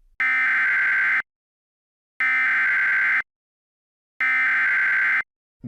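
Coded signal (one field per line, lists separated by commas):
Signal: Emergency Alert System (SAME) tones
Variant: header bursts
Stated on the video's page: EAS SAME header tones demonstrated for every alert type, including implemented alert codes.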